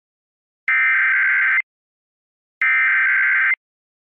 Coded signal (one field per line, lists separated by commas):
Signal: Emergency Alert System (SAME) tones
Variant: header bursts